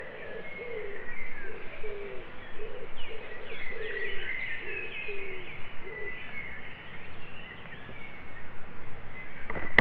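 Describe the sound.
European turtle dove purring coo: low rolling notes repeated about every half second for several seconds, with fainter higher bird calls and forest background noise.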